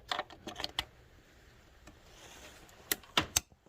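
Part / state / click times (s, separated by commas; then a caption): wiring harness connector into engine sensor / seated / 3.4 s. A wiring harness electrical connector is pushed onto an engine sensor near the valve cover of a 2006-or-later Chevy Optra, with light handling clicks and rattles early on and more sharp clicks near the end. It snaps into its retainer at 3.4 s and is seated, and a pull test afterwards shows it stays in.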